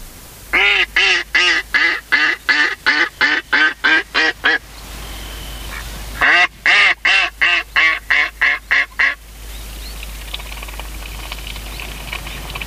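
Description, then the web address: Mallard giving two long bursts of loud, nasal quacks, each steady and rapid, separated by a short pause, followed by quieter ambient sound. "sikioto. magamo"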